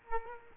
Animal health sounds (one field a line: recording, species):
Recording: mosquito wingbeat signal from an infrared sensor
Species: Culex quinquefasciatus